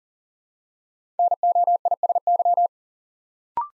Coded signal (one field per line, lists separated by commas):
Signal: Morse code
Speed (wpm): 37 wpm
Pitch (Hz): 700 Hz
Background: none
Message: NOISY